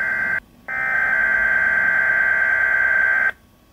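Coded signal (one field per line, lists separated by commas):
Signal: Emergency Alert System (SAME) tones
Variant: header bursts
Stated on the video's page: Environment Canada Winter Storm Warning tones from weather radio station XLF332 Saskatoon on 162.550 MHz VHF, received on a Midland WR120EZ.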